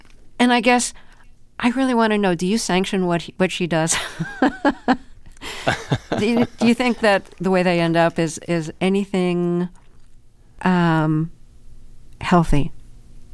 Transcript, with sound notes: And I guess I really want to know - do you sanction what she does?
(LAUGHTER)
Do you think that the way they end up is anything healthy?